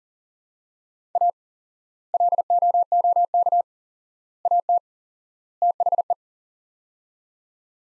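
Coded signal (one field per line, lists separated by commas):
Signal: Morse code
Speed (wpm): 40 wpm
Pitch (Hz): 700 Hz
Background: none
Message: A LOOK AT THE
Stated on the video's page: Morse code practice: sets of four words at 40wpm with 4x word spacing, a Farnsworth-like method for head-copying phrases; each set is sent, spoken, then sent again.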